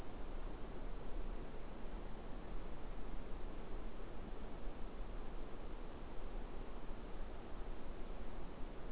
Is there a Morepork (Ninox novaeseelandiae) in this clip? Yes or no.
no